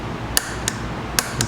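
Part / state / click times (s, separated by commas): torque wrench on bike rear axle / torque reached / 1.2 s, 1.4 s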